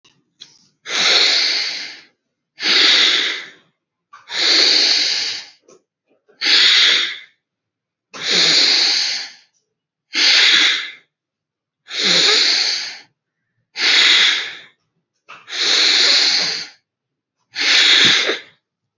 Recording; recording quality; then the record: deep breathing; excellent, no background noise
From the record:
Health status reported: healthy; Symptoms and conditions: none ticked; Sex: male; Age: 36 years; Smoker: not ticked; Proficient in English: yes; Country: India